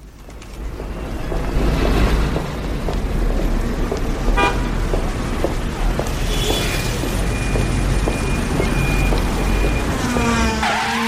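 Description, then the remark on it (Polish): Steady street traffic rumbles as cars drive past, with a horn tooting briefly, while sharp tapping footsteps of a woman walking in high heels on the pavement click through the constant noise. “Jeżdżące auta i pani chodzące po chodniku na obcasach.”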